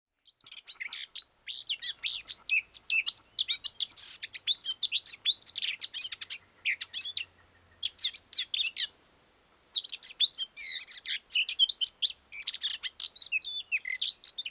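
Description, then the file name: Eurasian blackcap song: rich, fast warbling phrases of varied high notes, delivered almost continuously with a brief pause just after nine seconds. "Sylvia atricapilla"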